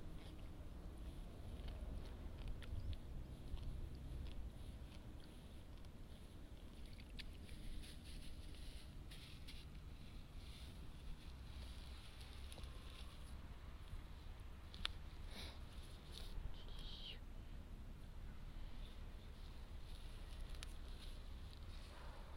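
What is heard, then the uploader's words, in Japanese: Rice seedlings are being pulled by hand in a flooded nursery bed and tied into bundles. A steady low rumble and wind noise fill the background, with scattered soft splashes, rustles and brief clicks throughout, and a few faint bird calls. 水苗代でイネの苗取り。水苗代で、イネの苗とりしています。苗を１本ずつ抜いて、まとめてワラで束にして、、束をたくさん作っていきます。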